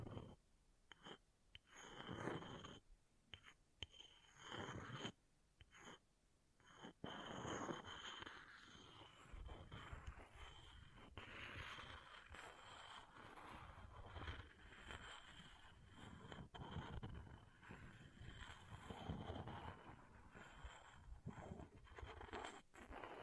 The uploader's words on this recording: ASMR Brain Melting Object Scratching (No Talking).